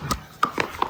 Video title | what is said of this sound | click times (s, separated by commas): LIGIANT Ride On Dump Truck 24V OP60 4x4 - How To Assemble | is the cover. Snaps | 0.4 s